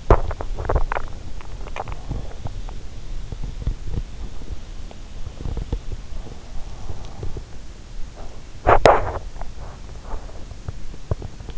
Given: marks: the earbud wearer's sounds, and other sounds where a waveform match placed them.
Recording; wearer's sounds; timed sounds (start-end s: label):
sounds in sleep by an in-ear microphone; body movement
0.00-2.89 s: body movement
8.52-11.58 s: body movement